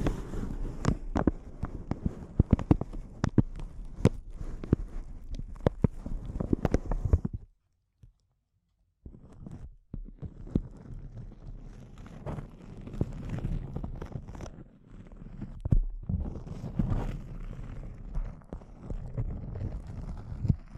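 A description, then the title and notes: Close, dense crinkling fills the first seven seconds with sharp, irregular crackles spread from low rustle to bright top. After a near-silent pause around eight to nine seconds, the crinkling resumes, slightly softer and more uneven, with occasional louder bursts through to the end. ASMR Intense Close-Up Crinkles (No Talking).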